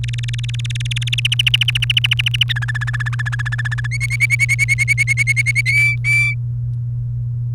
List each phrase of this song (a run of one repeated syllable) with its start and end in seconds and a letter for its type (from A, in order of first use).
0.04-1.20 A, 1.25-2.43 B, 2.49-3.87 C, 3.91-5.61 D, 5.66-6.34 E